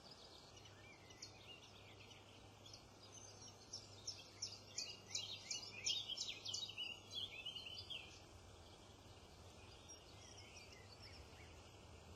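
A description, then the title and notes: Summer birds chirp and twitter in a busy burst of bright, quick calls that peaks between about four and eight seconds, then thins to scattered notes. A steady low hum and soft outdoor noise run underneath throughout. Relaxing Summer Birds.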